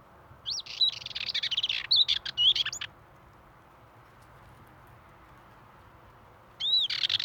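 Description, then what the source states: Dartford warbler song: a scratchy, warbling phrase of rasping and whistled notes lasting over two seconds, then silence before another burst starts at the end. Male singing at Pornic, Loire-Atlantique, France.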